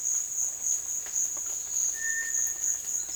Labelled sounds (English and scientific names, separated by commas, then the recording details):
Cinereous Tinamou (Crypturellus cinereus)
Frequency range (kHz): Cinereous Tinamou (Crypturellus cinereus) 1.5-2.2 kHz
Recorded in dense forest near Puerto Asís, Putumayo, Colombia, on 24 June 2025 at 16:00
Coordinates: 0.484, -76.325
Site H65